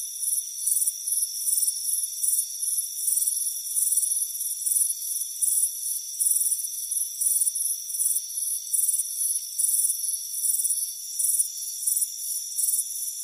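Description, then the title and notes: High, rapid cricket chirping repeats steadily throughout, each burst a short trill, backed by a thin unbroken whine. Crickets chirping on a warm afternoon by a front porch. "Soothing Crickets Chirping Sound. It's a warm afternoon as you relax in a hammock on the front porch. Relax and fall asleep to the soothing sound of chirping crickets. Deep Sleep Sounds"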